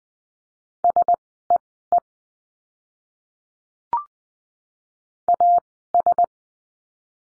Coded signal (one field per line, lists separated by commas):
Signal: Morse code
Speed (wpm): 19 wpm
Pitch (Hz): 700 Hz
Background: none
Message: SEE AS